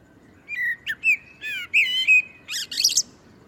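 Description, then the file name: Common blackbird song, rich flute-like notes rising and falling, closed by a scratchy, high-pitched twittering flourish. "Turdus merula"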